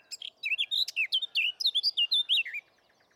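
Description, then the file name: Eurasian blackcap warbling song: a quick run of varied high chirps and slurred notes, lasting about two and a half seconds before stopping. "Sylvia atricapilla"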